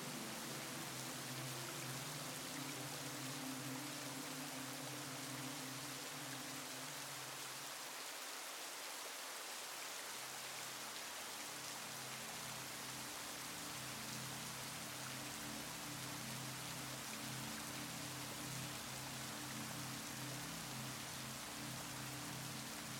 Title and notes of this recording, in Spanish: Mezcla Perfecta de LLUVIA y MÚSICA. Sonidos de lluvia natural y suaves melodías musicales